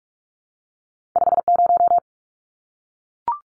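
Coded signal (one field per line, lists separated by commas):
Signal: Morse code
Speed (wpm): 44 wpm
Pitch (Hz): 700 Hz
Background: none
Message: 50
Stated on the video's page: Morse drill at 45 wpm: two-digit numbers sent, spoken, then sent again, for head-copy practice.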